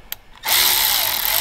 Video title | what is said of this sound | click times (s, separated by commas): Tow Mater Getting Some Exercise Before the Tow Truck Olympics | and then that's snapped right into place | 0.1 s